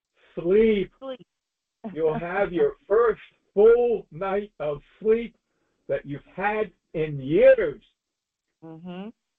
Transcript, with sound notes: Sleep.
Sleep. (laughs)
You'll have your first full night of sleep that you've had in years.